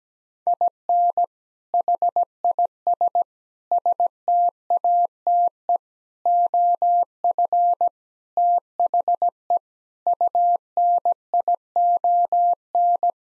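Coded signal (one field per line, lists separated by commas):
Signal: Morse code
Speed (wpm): 17 wpm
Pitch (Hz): 700 Hz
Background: none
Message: IN HIS STATE OF THE UNION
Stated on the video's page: Morse code practice at 17 wpm, sending sentences of common seven-word phrases, each sent twice.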